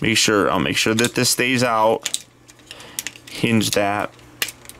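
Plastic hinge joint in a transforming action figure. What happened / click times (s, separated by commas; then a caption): A plastic hinge joint clicked into position / 4.4 s. Someone talks while working a plastic hinge joint on a Takara Tomy Transformers MP-36 Masterpiece Megatron action figure during its transformation, with small plastic clicks and handling taps from about 2.5 to 3.3 s. A sharp click at 4.4 s marks the hinge seating into position.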